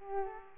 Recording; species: mosquito wingbeat signal from an infrared sensor; Culex pipiens